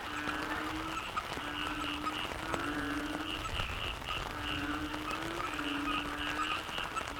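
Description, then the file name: Frogs calling in a dense wetland chorus, low droning croaks overlapping with repeated higher pulsed notes and a steady nasal hum throughout. Frog chorus soundscape recorded in the Cherating wetlands, Malaysia. "yamaha frogs cherating wetlands"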